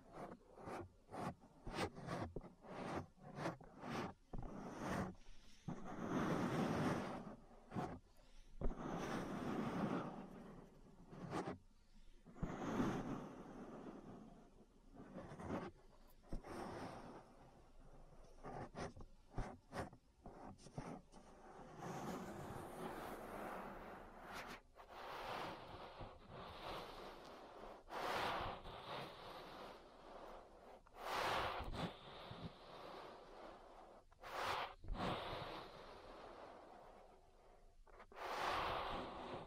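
An ear massage with soft rubbing and brushing strokes that swell and fade every second or two, each a muffled rush of noise. Sharp clicks and taps break in often, and the strokes grow denser and brighter after about twenty seconds.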